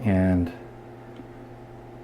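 Someone talks briefly while a replacement rubber strap is being pushed onto a Fitbit fitness tracker watch body to replace a blistered band, followed by quiet handling over a low steady hum. Nothing has seated or clicked yet.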